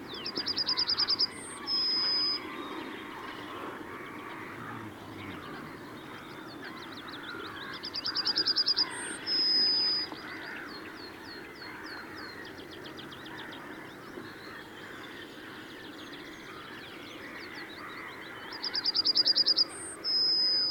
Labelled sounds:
Yellowhammer song
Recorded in the wild
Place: Wierden, Overijssel, NL
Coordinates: 52.358, 6.594
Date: 1990-05-13
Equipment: Nagra III BH, Sennheiser MD 21, parabola
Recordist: Schubert, Michael

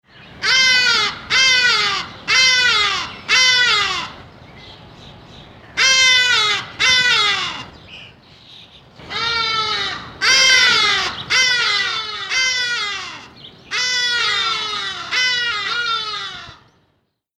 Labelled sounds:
Hadada Ibis
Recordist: Tembrock, Günter
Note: Rufe von zwei Tieren

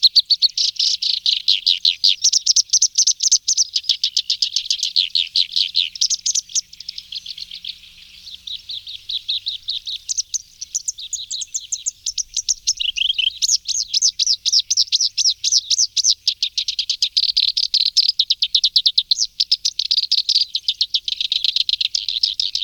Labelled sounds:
Black-browed Reed Warbler song
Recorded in the wild
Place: Bolschoj Ussurijskij Ostrov, Bolshoi Ussuriysky Island, RU
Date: 1994-05-27
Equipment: Dat-Recorder Casio DA 7, Telinga DAT, Telinga-Parabolspiegel
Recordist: Schwarz, Dieter

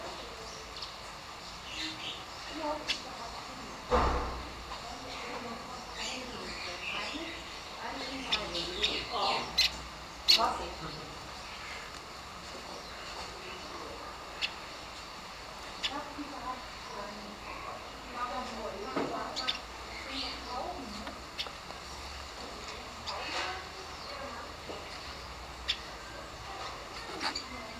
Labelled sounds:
Golden-breasted Fulvetta call
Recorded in captivity
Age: adult
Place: Zoo Berlin, Berlin, DE
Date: 1997-08-19 10:53
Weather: fair, 26-28°C
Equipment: Marantz CP 130, Mikro CE, Kopie Uher 4000 Report Monitor
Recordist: Tembrock, Günter

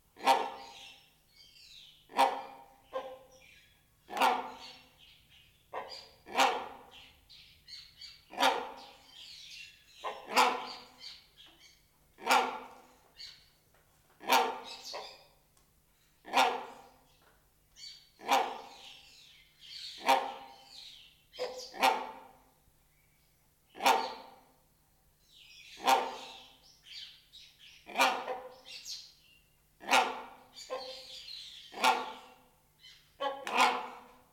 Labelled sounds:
Great Hornbill
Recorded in captivity
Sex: pair
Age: adult
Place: Zoo Berlin, Berlin, DE
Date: 1992-04-04 10:13
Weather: bedeckt, 5-8°C
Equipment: Nagra SN, Mikrofon AKG CK 8, Kopie Tesla B 116
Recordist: Tembrock, Günter

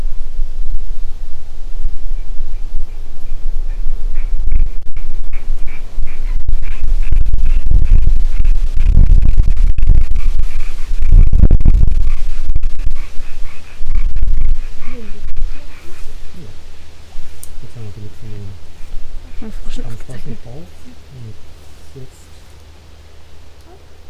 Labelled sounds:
Common Tree Frog call
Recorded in the wild
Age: adult
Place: Kloster, Insel Hiddensee, Mecklenburg-Vorpommern, DE
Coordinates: 54.5883, 13.115
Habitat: pond
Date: 2007-09-05 20:30
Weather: 15°C, schwacher bis mäßiger Wind
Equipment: Sound Devices 702, Sennheiser MKH 40
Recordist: Frommolt, Karl-Heinz

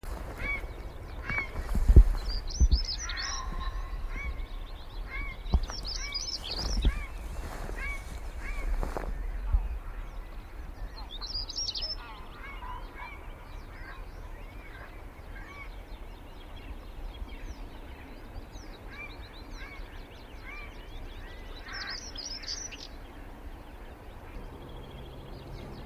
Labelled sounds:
European Stonechat song
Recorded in the wild
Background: Ardea cinerea
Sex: male
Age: adult
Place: Hobrechtsfelder Rieselfelder, Naturpark Barnim, Berlin, DE
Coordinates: 52.6631, 13.4806
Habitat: irrigation field
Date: 2010-04-18
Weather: fair, 5°C, no wind
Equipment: Sound Devices 702, Sennheiser MKH 70, Rycote Windschutz
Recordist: Frommolt, Karl-Heinz
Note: Kleine Rieselteiche der Hobrechtsfelder Rieselfelder: Gesang eines Schwarzkehlchens. Tier eindeutig identifiziert

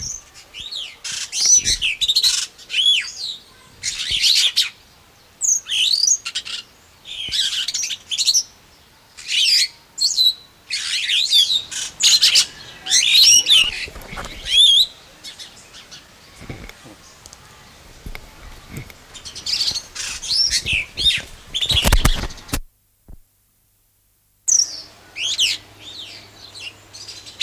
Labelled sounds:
Superb Starling song
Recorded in captivity
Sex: male
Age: adult
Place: Zoo Berlin, Berlin, DE
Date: 1999-09-04 11:58
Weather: sunny, 21°C
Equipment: Sony WM-D6C, Sennheiser ME 80, Kopie Uher 4000 Report Monitor
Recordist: Tembrock, Günter

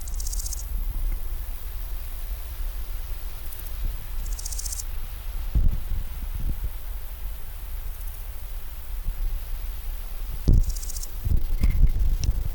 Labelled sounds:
Large Gold Grasshopper stridulation
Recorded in the wild
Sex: male
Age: imago
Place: Groß Dölln, Schorfheide, Brandenburg, DE
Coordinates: 53.01, 13.58
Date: 1996-08-04 11:24
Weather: wechselnd heiter bis wolkig, 15-18°C
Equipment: Sony MD-WM MZ-R3, Sennheiser ME 80, Kopie Uher 4000 Report Monitor
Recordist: Tembrock, Günter

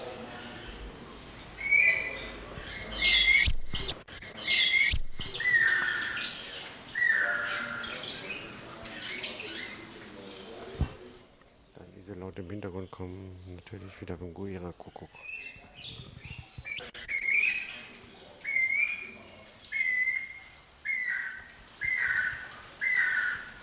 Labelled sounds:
Crowned Lapwing call
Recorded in captivity
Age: adult
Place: Zoo Berlin, Berlin, DE
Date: 1992-05-09 10:31
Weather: wechselnd wolkig, böiger Wind, 10-12°C
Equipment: Nagra SN, Mikrofon AKG CK 8, Kopie Tesla B 116
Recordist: Tembrock, Günter

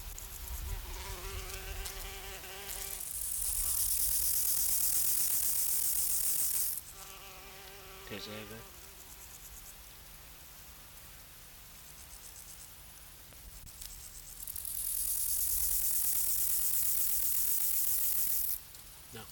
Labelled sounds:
Rufous Grasshopper stridulation
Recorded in the wild
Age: imago
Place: Treuchtlingen, Heumöderntal, Bayern, DE
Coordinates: 48.96, 10.91
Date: 1993-09-02 14:02
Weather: sonnig 18.8° C
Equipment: Marantz CP 430, Sennheiser MKH 416 T, Kopie Uher Variocord 263
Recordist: Tembrock, Günter

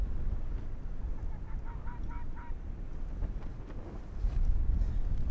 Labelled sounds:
Arctic Fox
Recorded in the wild
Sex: female
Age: adult
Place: Insel Mednyi, Kommandeur-Inseln, RU
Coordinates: 54.5167, 168.083
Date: 1999-08-26 19:27
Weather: 9°C, schwach bewölkt, gute Sicht, leichter Südwest
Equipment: Sony WM-D6C, Sennheiser ME 80, K 30 AV, Windkorb, Kopie Tascam DA 30
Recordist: Jakupi, Antje
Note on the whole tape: Südosten der Insel, Haupttal, weiße Stange: Bellstrophen von Fähe weiß/gelb. Läuft gerade zur Höhle zurück, war oben auf der Anhöhe zwischen weisser und Bambusstange

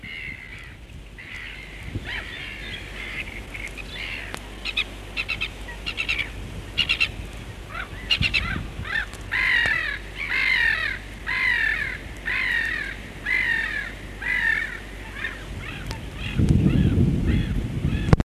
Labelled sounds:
Black-headed Gull call
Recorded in the wild
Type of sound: call
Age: adult
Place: Hähnichen, Teichgebiet Niederspree, Sachsen, DE
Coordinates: 51.3864, 14.8831
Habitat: ponds
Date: 1957-04-30
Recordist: Meyer, Hugo
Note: Schemsteich: Einzelne Lachmöwe: diverse Lautformen

